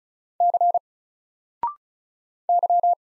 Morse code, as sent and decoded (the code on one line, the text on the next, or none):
-.-. / -.--
C Y